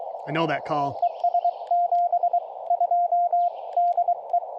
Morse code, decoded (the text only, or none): EE ES 72 DE